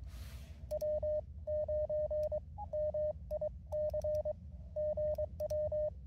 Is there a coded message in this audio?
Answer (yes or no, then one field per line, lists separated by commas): yes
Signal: Morse code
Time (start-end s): 0.7-5.9 s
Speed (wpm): 22 wpm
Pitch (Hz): 610 Hz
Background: radio noise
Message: W9 MIC GW